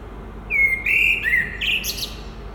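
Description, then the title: Common blackbird song: a mellow fluted whistle rising into a brief burst of high scratchy twittering notes. Recorded at Résidence Sainte-Gertrude in the Marolles, Brussels, Belgium, with a Sony PCM-M10 and Luhd PM-01 binaural microphones. "Marolles, 1000 Bruxelles, Belgique - Résidence Sainte-Gertrude - Merle - Blackbird"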